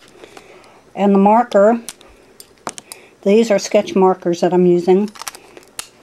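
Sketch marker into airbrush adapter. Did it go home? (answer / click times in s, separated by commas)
yes / 5.8 s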